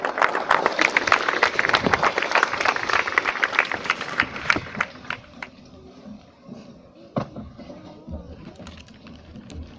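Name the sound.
audience applause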